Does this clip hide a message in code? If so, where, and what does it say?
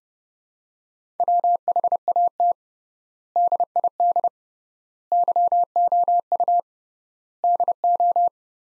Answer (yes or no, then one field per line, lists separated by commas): yes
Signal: Morse code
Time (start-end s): 1.2-8.3 s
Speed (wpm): 30 wpm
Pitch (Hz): 700 Hz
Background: none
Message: WHAT DID YOU DO